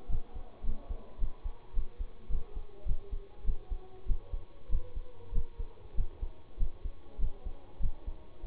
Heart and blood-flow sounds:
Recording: heart sounds by stethoscope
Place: between the tricuspid and mitral areas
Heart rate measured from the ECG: 101 bpm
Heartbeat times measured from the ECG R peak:
0.09 s: heartbeat
0.63 s: heartbeat
1.18 s: heartbeat
1.73 s: heartbeat
2.29 s: heartbeat
2.85 s: heartbeat
3.44 s: heartbeat
4.06 s: heartbeat
4.69 s: heartbeat
5.32 s: heartbeat
5.94 s: heartbeat
6.57 s: heartbeat
7.18 s: heartbeat
7.80 s: heartbeat
8.43 s: heartbeat
From the record:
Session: bicycle stress test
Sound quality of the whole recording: good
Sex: male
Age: 26 years

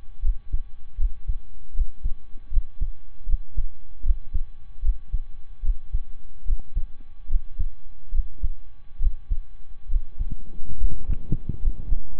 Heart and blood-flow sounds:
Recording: heart sounds by stethoscope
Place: between the tricuspid and mitral areas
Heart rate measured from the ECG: 74 bpm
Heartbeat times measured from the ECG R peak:
0.19 s: heartbeat
0.95 s: heartbeat
1.71 s: heartbeat
2.48 s: heartbeat
3.23 s: heartbeat
4.00 s: heartbeat
4.79 s: heartbeat
5.59 s: heartbeat
6.42 s: heartbeat
7.25 s: heartbeat
8.09 s: heartbeat
8.96 s: heartbeat
9.85 s: heartbeat
10.75 s: heartbeat
11.57 s: heartbeat
From the record:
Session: slow and fast walking with breaks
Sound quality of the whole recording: saturated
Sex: male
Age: 25 years

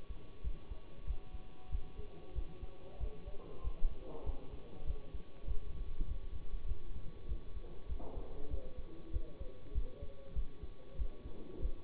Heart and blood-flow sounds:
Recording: heart sounds by stethoscope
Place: between the tricuspid and mitral areas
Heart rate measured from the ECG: 97 bpm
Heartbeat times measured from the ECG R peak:
0.40 s: heartbeat
1.03 s: heartbeat
1.67 s: heartbeat
2.31 s: heartbeat
2.96 s: heartbeat
3.59 s: heartbeat
4.22 s: heartbeat
4.82 s: heartbeat
5.43 s: heartbeat
6.04 s: heartbeat
6.64 s: heartbeat
7.24 s: heartbeat
7.85 s: heartbeat
8.46 s: heartbeat
9.09 s: heartbeat
9.70 s: heartbeat
10.31 s: heartbeat
10.94 s: heartbeat
11.58 s: heartbeat
From the record:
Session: bicycle stress test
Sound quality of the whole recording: good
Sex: male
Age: 24 years

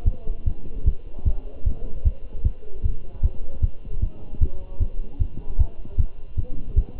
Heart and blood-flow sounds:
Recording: heart sounds by stethoscope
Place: between the tricuspid and mitral areas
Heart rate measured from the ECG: 152 bpm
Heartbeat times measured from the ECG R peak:
0.07 s: heartbeat
0.47 s: heartbeat
0.87 s: heartbeat
1.27 s: heartbeat
1.67 s: heartbeat
2.06 s: heartbeat
2.45 s: heartbeat
2.85 s: heartbeat
3.24 s: heartbeat
3.63 s: heartbeat
4.03 s: heartbeat
4.42 s: heartbeat
4.82 s: heartbeat
5.21 s: heartbeat
5.60 s: heartbeat
5.99 s: heartbeat
6.39 s: heartbeat
6.77 s: heartbeat
From the record:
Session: Bruce protocol treadmill stress test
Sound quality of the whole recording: good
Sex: male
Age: 27 years

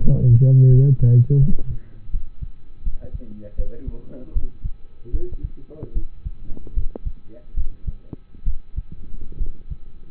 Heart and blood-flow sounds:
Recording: heart sounds by stethoscope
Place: between the tricuspid and mitral areas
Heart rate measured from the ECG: 76 bpm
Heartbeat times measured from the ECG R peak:
0.68 s: heartbeat
1.39 s: heartbeat
2.11 s: heartbeat
2.83 s: heartbeat
3.56 s: heartbeat
4.33 s: heartbeat
5.11 s: heartbeat
5.93 s: heartbeat
6.74 s: heartbeat
7.54 s: heartbeat
8.44 s: heartbeat
9.38 s: heartbeat
From the record:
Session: rest, lying down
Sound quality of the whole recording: partially saturated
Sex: male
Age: 27 years

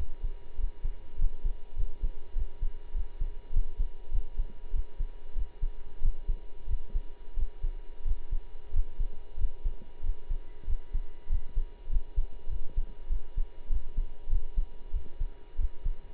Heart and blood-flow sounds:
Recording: heart sounds by stethoscope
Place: between the tricuspid and mitral areas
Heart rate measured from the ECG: 96 bpm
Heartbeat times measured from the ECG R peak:
0.56 s: heartbeat
1.17 s: heartbeat
1.75 s: heartbeat
2.34 s: heartbeat
2.93 s: heartbeat
3.52 s: heartbeat
4.11 s: heartbeat
4.71 s: heartbeat
5.34 s: heartbeat
6.01 s: heartbeat
6.67 s: heartbeat
7.35 s: heartbeat
8.03 s: heartbeat
8.71 s: heartbeat
9.37 s: heartbeat
10.02 s: heartbeat
10.66 s: heartbeat
11.28 s: heartbeat
11.89 s: heartbeat
12.49 s: heartbeat
13.08 s: heartbeat
13.68 s: heartbeat
14.29 s: heartbeat
14.92 s: heartbeat
15.57 s: heartbeat
From the record:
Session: pedaling a stationary bicycle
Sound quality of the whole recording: partially saturated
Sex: male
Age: 23 years

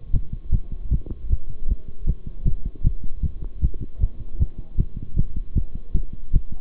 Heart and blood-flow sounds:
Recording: heart sounds by stethoscope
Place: between the tricuspid and mitral areas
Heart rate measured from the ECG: 155 bpm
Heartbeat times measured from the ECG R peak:
0.13 s: heartbeat
0.52 s: heartbeat
0.91 s: heartbeat
1.30 s: heartbeat
1.68 s: heartbeat
2.07 s: heartbeat
2.45 s: heartbeat
2.84 s: heartbeat
3.23 s: heartbeat
3.62 s: heartbeat
4.01 s: heartbeat
4.39 s: heartbeat
4.78 s: heartbeat
5.17 s: heartbeat
5.55 s: heartbeat
5.94 s: heartbeat
6.33 s: heartbeat
From the record:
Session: bicycle stress test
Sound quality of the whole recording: good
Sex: male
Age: 23 years

